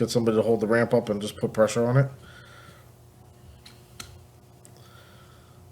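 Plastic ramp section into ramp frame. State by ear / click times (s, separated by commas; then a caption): not seated / none. Someone talks, then a plastic ramp section of an INJORA mini vehicle display ramp for RC crawlers is held up and pressed into its ramp frame, giving only a few faint small ticks. The parts do not line up because not enough pressure was applied, so nothing has seated or clicked yet.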